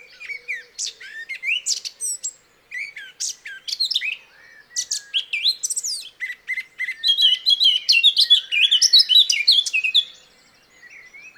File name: Sylvia atricapilla